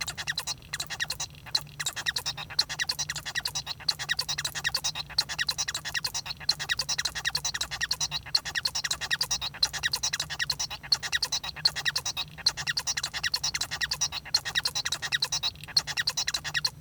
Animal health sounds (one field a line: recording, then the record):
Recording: song of a male Bengalese finch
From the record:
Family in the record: son of father 1